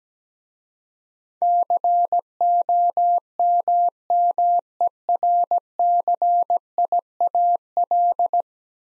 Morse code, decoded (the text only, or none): COMMERCIAL